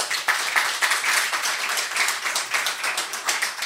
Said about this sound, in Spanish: Hoy recibimos con un fuerte aplauso a José Pérez Horta. Él es el concejal de Cultura, Educación y Patrimonio.